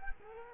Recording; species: mosquito wingbeat signal from an infrared sensor; Culex quinquefasciatus